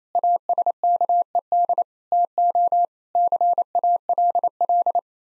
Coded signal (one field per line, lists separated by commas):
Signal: Morse code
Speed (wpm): 28 wpm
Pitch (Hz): 700 Hz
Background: none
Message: ASKED TO CALL